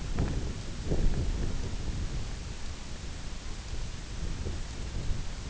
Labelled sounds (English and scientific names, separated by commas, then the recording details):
none
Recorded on Arctic tundra, site IGLO-F, on 24 June 2018
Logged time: 18:00